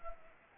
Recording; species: mosquito wingbeat signal from an infrared sensor; Anopheles arabiensis